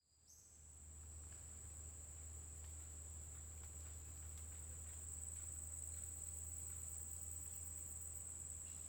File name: Grilo constante na floresta dia passaro canta em intervalos